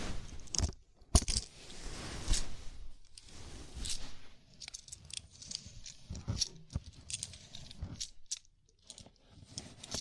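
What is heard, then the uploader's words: Scalp massage with a steady rustling and scratching of fingers through hair, broken by short bright crackles and brief quiet gaps. ASMR Sleepy Scalp Massage (No Talking).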